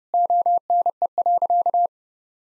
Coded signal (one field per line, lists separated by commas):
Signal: Morse code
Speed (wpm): 30 wpm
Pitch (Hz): 700 Hz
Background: none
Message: ONE.